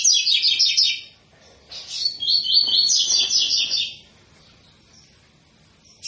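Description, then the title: Double-collared seedeater song: a fast rattling trill, a short pause, then a longer phrase of repeated buzzy notes before silence and a final note. Tui-tui song style from a 'fibra' coleiro; a teacher song for training young birds. "COLEIRO TUI TUI FIBRA CANTO PROFESSOR"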